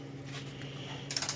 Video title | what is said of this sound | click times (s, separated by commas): It was -50°C for a week! | you hear that famous click that | 1.1 s